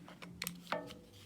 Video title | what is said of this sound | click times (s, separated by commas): Ailunce HD1 Quick Tour/Review | Nice solid click. | 0.4 s, 0.5 s